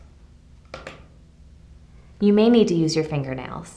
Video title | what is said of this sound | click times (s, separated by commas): TabletTail ~ Monkey Tail • Locking the Rotation | Slide the top ring away from the base, until it clicks. | 0.7 s